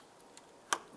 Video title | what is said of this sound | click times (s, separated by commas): How to Replace Throttle Body 2010-2013 Ford Transit Connect | Press that in, listen for a click, lock it down. | 0.7 s